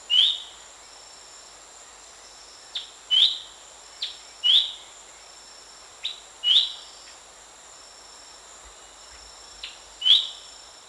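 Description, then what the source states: Horsfield's babbler giving spaced pairs of whistles, a soft note then a louder one, over a steady high insect chorus. Recorded at Danum on 1 January 2008.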